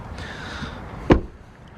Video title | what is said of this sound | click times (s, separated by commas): Mazda6 2.2 SKYACTIV-D Sport Nav 50,302 Miles- HJ67 SHX | lift it back up like that and it locks into place and you just have to make sure the belt is at the belt is free so | 1.1 s